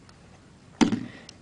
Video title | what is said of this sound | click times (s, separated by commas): Igo PowerXtender Review | now the next thing you do is you grab your tip and you place it on and you just push it on until it makes a little clicking sound now | 0.8 s